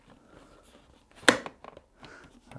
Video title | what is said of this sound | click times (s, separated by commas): How to change a visor: HJC RPHA-12 motorcycle helmet | snapped home. | 1.3 s